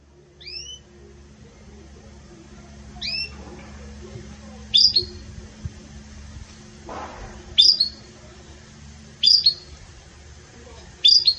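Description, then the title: Belgian canary song during a pause: short sharp high notes spaced a couple of seconds apart, with quiet gaps between. Pure campainha-style song with pauses, intended for training canaries. "Canto Canário Belga Campainha Puro Com Pausa Para Treinamento"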